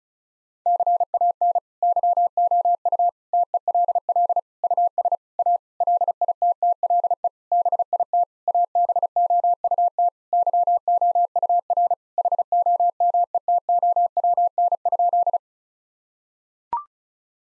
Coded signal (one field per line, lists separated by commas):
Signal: Morse code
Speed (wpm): 34 wpm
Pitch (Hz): 700 Hz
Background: none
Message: CAN YOU TELL US A LITTLE BIT ABOUT YOUR HOMETOWN?